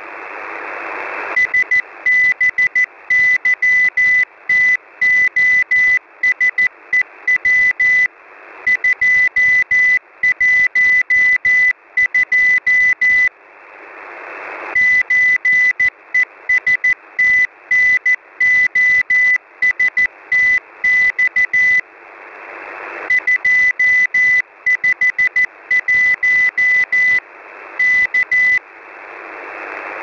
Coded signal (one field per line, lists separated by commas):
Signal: Morse code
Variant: Russian alphabet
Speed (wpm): 14 wpm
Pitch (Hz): 2000 Hz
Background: none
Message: СБЫТОСЕВ 212 ЧЕСТНОСТЬ 251 К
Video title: |Autumnal CW| 5378kHz ЖЗФЫ(ZhZFY) Message 23th October 2020 12:19 UTC